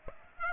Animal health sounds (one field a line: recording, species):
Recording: mosquito wingbeat signal from an infrared sensor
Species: Aedes aegypti